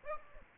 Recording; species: mosquito wingbeat signal from an infrared sensor; Aedes aegypti